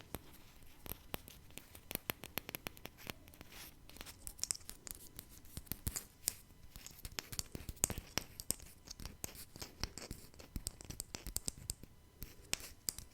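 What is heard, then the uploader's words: Fingertip tapping runs throughout, a dense, uneven stream of sharp little clicks, several every second, some bright and crisp, others softer and duller. Occasional scratchy, papery rustles mix in between the taps, over a faint low hum, with no voice at all. Tapping No Talking.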